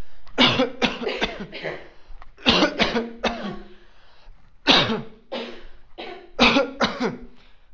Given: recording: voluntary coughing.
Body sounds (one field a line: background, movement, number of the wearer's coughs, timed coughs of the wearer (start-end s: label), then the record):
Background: a bystander coughing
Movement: walking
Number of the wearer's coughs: 9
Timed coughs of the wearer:
0.37-0.71 s: cough
0.79-1.10 s: cough
1.20-1.50 s: cough
2.45-2.71 s: cough
2.78-3.10 s: cough
3.22-3.67 s: cough
4.65-5.04 s: cough
6.38-6.70 s: cough
6.79-7.17 s: cough
From the record:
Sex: male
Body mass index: 20.6 kg/m2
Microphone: on the chest, facing outward